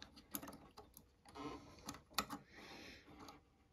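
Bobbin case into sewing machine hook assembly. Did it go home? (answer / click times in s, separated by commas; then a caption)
no / none. A bobbin case is being lined up with the hook assembly of a Bridgesew 1541 sewing machine while the hand wheel is wiggled back and forth. Light mechanical ticks and rattles are heard, with the sharpest tick at about 2.2 s. The bobbin case has not snapped into place yet, and nothing has seated.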